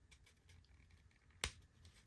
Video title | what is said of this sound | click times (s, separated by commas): Lee Bermejo at his best. DC Multiverse Mcfarlane Batman Noel Review | You hear that little click? | 1.4 s